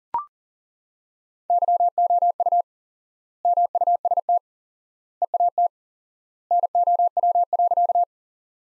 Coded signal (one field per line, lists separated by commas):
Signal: Morse code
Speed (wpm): 40 wpm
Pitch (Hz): 700 Hz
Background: none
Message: YOU MUST EAT NOW.